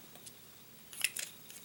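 A plastic ink cartridge is pushed onto the grip section of a fountain pen until its sealed end is pierced, giving a sharp, bright pop at 1.0 s and a smaller click just after, against a quiet background with faint ticks. The cartridge is seated in the pen.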